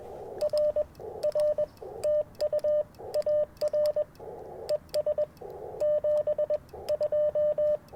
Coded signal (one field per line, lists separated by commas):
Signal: Morse code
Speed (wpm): 21 wpm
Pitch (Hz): 600 Hz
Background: radio noise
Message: R R TU AR ES 7 2